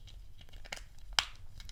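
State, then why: Seated. After a new CR2032 coin cell is fitted, the plastic casing half of a 1990s–2000s Subaru Impreza, Forester or Legacy key fob remote is pressed back onto the other half. Faint crinkly handling and small ticks lead to one sharp, loud snap at 1.2 s, followed by a few quieter ticks. The casing halves click shut and are seated.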